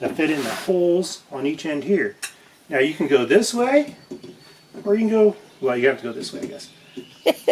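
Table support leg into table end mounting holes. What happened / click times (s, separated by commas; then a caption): The support is handled but has not yet snapped into place / none. Someone talks while an RV table support leg is handled and fitted toward the mounting holes at the end of the table. Nothing has seated or snapped into place yet.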